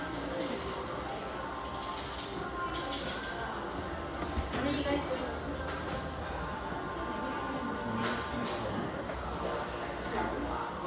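Coffeehouse ambience with steady overlapping chatter, soft radio music underneath, and occasional clinks and brief sharp clatters around four, six and eight seconds.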